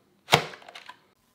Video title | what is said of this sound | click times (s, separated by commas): How to Change Cleaning Solution Bottle on Swiffer Power Mop | press down till you hear a loud clicking sound | 0.3 s